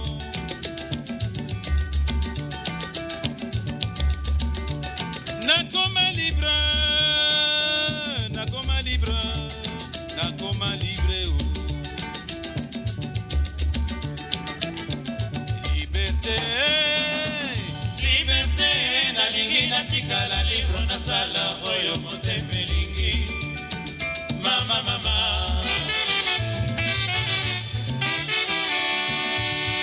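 Congolese rumba plays at a steady level throughout, driven by a regular, repeating bass pulse under interlocking bright guitar lines. Sliding, chirp-like tones rise and fall around 6–8 seconds and again near 16–17 seconds, and the busy upper layer thickens toward the end.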